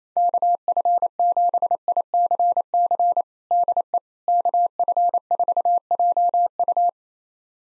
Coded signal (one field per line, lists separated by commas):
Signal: Morse code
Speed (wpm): 27 wpm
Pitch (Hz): 700 Hz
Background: none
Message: KF7ICC DE KF4JU